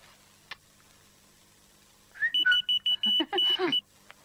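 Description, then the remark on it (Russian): A brief whistle, then a whistle-activated key finder on a keychain answers with a quick run of about six loud, high-pitched electronic beeps in steady rhythm; faint clicks come before and after. “Если ты ключи куда-нибудь задеваешь, свистни, они откликнутся.”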